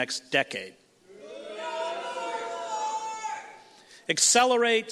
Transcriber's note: few audience boos